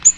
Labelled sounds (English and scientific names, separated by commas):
Ovenbird (Seiurus aurocapilla) flight call